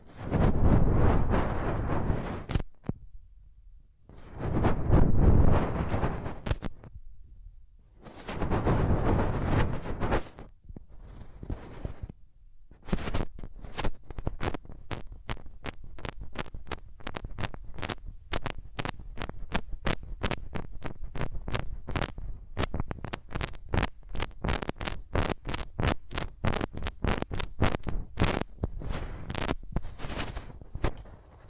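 Hands rub over the ears in three long, full swishing passes during the first ten seconds, separated by brief silences. After that come rapid, dense scratchy strokes and crisp taps, repeating quickly and fairly evenly through the rest of the clip.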